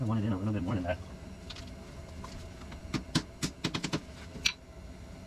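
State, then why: Seated. A new internal water pump seal is pressed into the engine-case bore of a Sherco 300 SEF dirt bike, replacing one that was leaking from the weep hole. Someone talks at first, then a run of sharp knocks from about 3.2 to 3.9 s comes as it is pushed further over several attempts. The seal pops into its housing with a bright click at 4.5 s and is seated.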